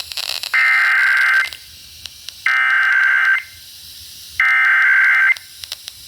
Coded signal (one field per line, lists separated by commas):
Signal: Emergency Alert System (SAME) tones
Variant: header bursts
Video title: North Carolina Required Monthly Test on Multiple stations (EAS #714-730)